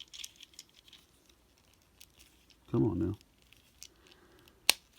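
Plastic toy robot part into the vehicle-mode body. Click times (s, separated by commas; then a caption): 4.7 s. During transformation to car mode, a plastic part of a Transformers Shattered Glass Deluxe Class Autobot Goldbug toy robot is forced into the vehicle-mode body after some effort, with faint plastic clicks and handling noises throughout. Someone talks briefly near the middle, then a loud, sharp snap at 4.7 s marks the part seating into place.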